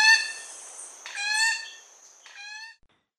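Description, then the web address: Plate-billed mountain toucan uttering three drawn-out nasal calls. Ecuador. "Birds of Ecuador. Plate-billed Mountain-Toucan"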